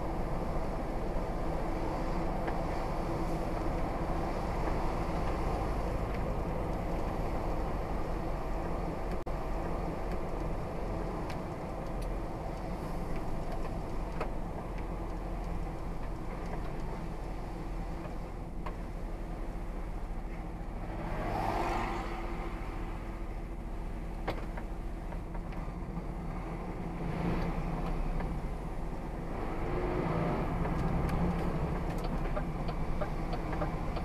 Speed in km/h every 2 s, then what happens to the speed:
48, 45, 42, 39, 34, 31, 26, 21, 15, 2, 0, 0, 8, 10, 19, 19, 23.
0-18 slows to 2. 18-22 standing. 22-34 pulls away to 23.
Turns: none.